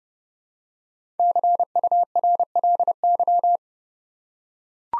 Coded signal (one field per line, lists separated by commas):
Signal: Morse code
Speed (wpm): 30 wpm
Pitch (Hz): 700 Hz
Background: none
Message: CURLY